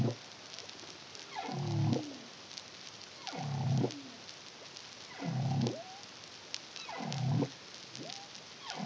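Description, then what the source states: Humpback whale song of repeated low grunting pulses about every two seconds, with faint rising whoops between them and constant underwater crackle. Song, recorded in the Caribbean (CARIMAM project) in 2023.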